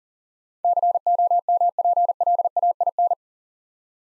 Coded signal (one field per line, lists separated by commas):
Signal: Morse code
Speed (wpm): 42 wpm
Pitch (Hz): 700 Hz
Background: none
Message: COMPLAIN